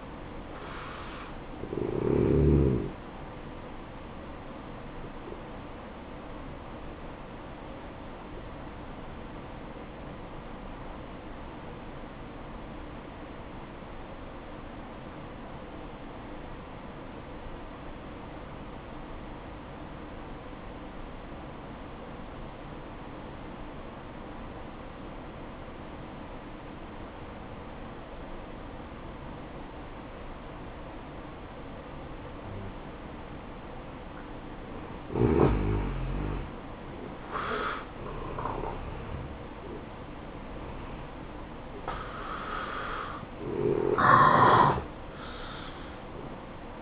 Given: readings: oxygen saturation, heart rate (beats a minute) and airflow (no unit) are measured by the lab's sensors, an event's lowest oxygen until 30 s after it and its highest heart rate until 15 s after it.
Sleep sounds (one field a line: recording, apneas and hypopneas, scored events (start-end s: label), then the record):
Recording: breathing in sleep by a voice recorder at the bedside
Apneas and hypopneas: 1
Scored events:
7.00-35.30 s: hypopnea (N1, oxygen 95% highest, then 86% lowest, heart rate 58 at the start, 76 highest)
11.00-41.00 s: new sleep stage, N2 (light sleep)
41.00-46.81 s: new sleep stage, N1 (lightest sleep)
From the record:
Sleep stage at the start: N1 (lightest sleep)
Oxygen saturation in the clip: 87 to 95%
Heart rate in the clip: 56 to 76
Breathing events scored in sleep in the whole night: 573 in 9.8 hours asleep